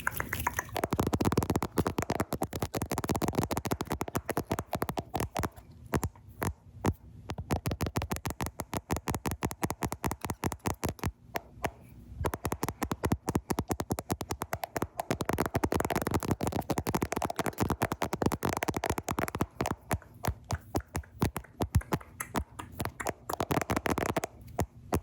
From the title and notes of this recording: ASMR Camera Tappies! (Tapping directly on the camera + your face).